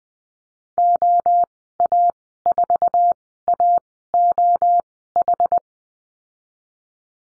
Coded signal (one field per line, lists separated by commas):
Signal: Morse code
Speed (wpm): 20 wpm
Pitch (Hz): 700 Hz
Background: none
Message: OA4AOH